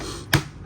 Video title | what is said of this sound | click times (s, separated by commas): Unboxing: Nano Scenes Fast & Furious Toretto Cafe Diecast Diorama w/Brian's Eclipse & SVT Lightning | snap there snap there oh those are loud snaps | 0.3 s